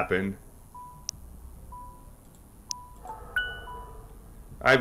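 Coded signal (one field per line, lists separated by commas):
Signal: none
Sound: game notification chimes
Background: speech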